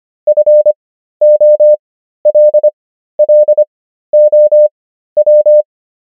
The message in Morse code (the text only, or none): FOLLOW